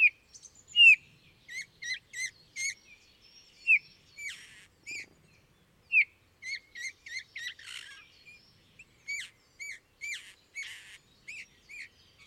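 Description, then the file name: Eurasian bullfinch: clear arched whistles repeated at an uneven pace, mixed with sharp high chirps and short rasping notes. "gimpel"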